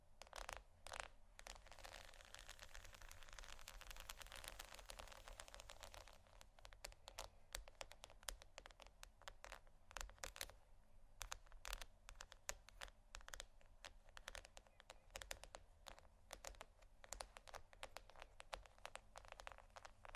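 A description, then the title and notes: Pearls are scratched and tapped in dense, rapid clicks; a rougher scraping texture fills the first six seconds, then sharper separate taps continue steadily. ASMR Scratching & Tapping On Pearls（No Talking）.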